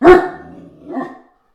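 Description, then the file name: Great Dane barking: one deep, loud bark with a rough, ringing tail, then a second, weaker bark about a second later. No other sounds. Female dog barking. "freesound Female Great Dane Bark"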